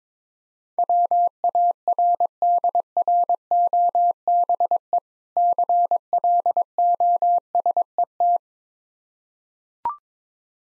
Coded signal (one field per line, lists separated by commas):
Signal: Morse code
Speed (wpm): 22 wpm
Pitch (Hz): 700 Hz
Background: none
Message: WARDROBE CLOSET